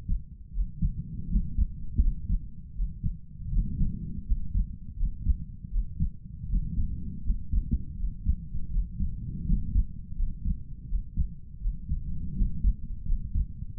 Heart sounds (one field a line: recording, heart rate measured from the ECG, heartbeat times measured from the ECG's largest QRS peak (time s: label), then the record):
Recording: heart sounds by stethoscope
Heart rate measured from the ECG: 82 bpm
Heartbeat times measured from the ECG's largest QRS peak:
0.51 s: heartbeat
1.28 s: heartbeat
1.99 s: heartbeat
2.73 s: heartbeat
3.50 s: heartbeat
4.24 s: heartbeat
4.95 s: heartbeat
5.69 s: heartbeat
6.47 s: heartbeat
7.22 s: heartbeat
7.95 s: heartbeat
8.69 s: heartbeat
9.44 s: heartbeat
10.15 s: heartbeat
10.86 s: heartbeat
11.59 s: heartbeat
12.33 s: heartbeat
13.04 s: heartbeat
13.76 s: heartbeat
From the record:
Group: healthy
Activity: rest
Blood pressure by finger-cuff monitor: 74/47 mmHg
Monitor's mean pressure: 56 mmHg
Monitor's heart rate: 83 bpm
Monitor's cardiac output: 5.5 L/min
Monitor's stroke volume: 67 mL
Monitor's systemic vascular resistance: 700 dyn s/cm5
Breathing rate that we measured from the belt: 21 breaths a minute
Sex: male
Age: 22 years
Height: 181 cm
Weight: 60 kg